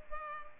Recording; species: mosquito wingbeat signal from an infrared sensor; Culex pipiens